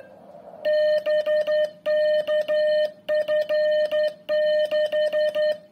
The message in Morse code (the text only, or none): BK F6